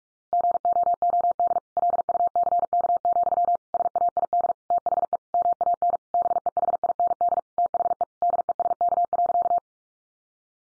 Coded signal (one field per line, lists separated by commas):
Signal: Morse code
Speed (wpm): 44 wpm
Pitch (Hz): 700 Hz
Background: none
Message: GOOD LUCK, SAID THE MAN BEHIND THE DESK.